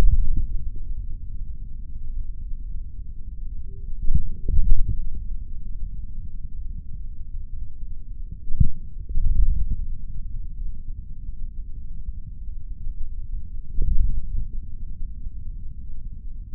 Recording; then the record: forearm muscle sounds (acoustic myography)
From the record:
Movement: index flexion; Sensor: system 3, bracelet of six PUI Audio POM-2738L microphones around the upper forearm, with dedicated amplification and filtering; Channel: 5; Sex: male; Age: 26 years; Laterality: right